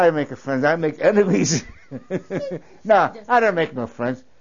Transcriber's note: he laughs